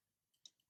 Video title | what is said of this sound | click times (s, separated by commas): Audi B8 Oil catch can | there you go you need you hear that click you stop ok | 0.5 s